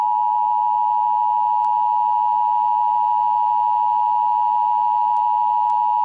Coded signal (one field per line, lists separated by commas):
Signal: Emergency Alert System (SAME) tones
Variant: 853 and 960 Hz attention tone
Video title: First National Purge [Reboot] [EAS Mock] [CONCEPT]